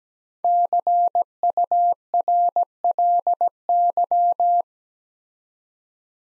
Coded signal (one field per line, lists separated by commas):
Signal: Morse code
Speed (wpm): 17 wpm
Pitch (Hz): 700 Hz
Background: none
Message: CURLY